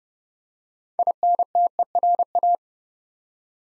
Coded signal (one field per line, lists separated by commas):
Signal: Morse code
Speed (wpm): 30 wpm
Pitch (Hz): 700 Hz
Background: none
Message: INTERA